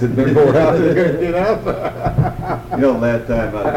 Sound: all laughing

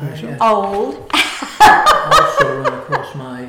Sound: laughter

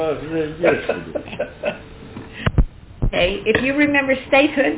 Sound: laughter from everyone

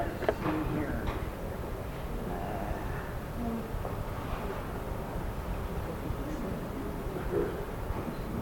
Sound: talking and murmuring in background

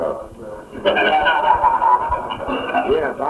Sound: laughter

